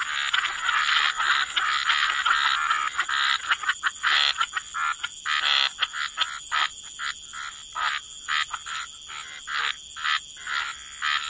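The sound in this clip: Frog chorus that starts dense and overlapping, then thins into separate short rasping croaks repeated every half second or so.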